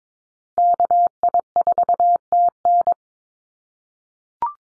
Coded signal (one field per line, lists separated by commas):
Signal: Morse code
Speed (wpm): 22 wpm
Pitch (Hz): 700 Hz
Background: none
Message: KI4TN